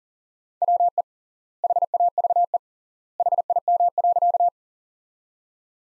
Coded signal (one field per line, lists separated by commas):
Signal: Morse code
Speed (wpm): 40 wpm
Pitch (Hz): 700 Hz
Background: none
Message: WE HAVE HIM.